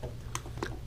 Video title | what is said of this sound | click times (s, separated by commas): Cookie G4 Visor care and installation | it has once it snaps in place | 0.4 s